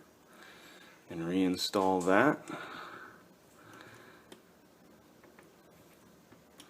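After a Moen 1225 cartridge has been replaced in a single-lever faucet, the metal retaining clip is handled and pushed back toward the faucet body to hold the cartridge. Someone talks briefly, followed by a few faint, sharp handling ticks near 3.8, 4.3, 5.4 and 6.6 seconds. The clip has not seated or clicked into place yet.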